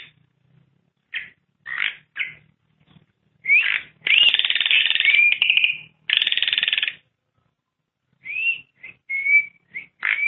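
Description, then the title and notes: Starling song of varied phrases: clear rising whistles mixed with harsh, buzzy bursts and short chattering notes, delivered in irregular spurts with brief pauses between. "suara burung jalak"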